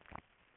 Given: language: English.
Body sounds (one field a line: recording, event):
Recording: throat vibration sensor signal played as sound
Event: swallow